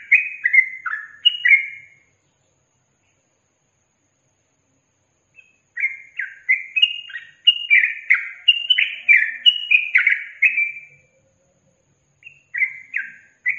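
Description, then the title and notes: Yellow-vented bulbul singing in bursts: a short run of liquid slurred notes, several seconds of silence, then a long fast bubbling phrase and another short burst. Trucukan song with 'tembakan' and 'ropel' styles; used as a master for training captive birds. "MASTERAN Trucukan Tembakan Dan Ropel. BURUNG TRUCUKAN"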